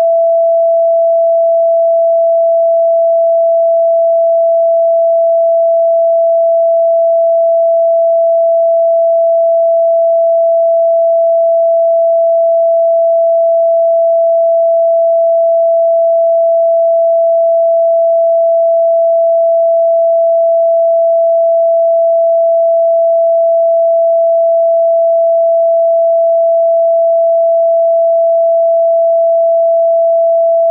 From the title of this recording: PURE FREQUENCY 666 Hz